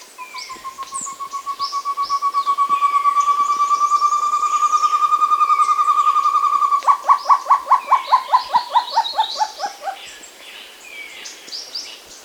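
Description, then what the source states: Short-tailed antthrush song, a long fast series of soft hoots rising steadily in pitch and loudness, then breaking into slower, separate falling notes that fade away. South America.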